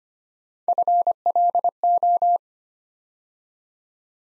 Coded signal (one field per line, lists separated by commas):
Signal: Morse code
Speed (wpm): 25 wpm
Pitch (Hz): 700 Hz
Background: none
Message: FLO